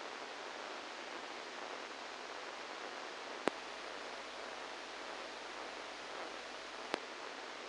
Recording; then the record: brain microelectrode recording played as sound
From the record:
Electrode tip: inside the subthalamic nucleus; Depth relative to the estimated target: -2 mm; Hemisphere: right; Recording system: NeuroSet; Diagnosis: Parkinson's disease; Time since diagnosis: 10 years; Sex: male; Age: 63 years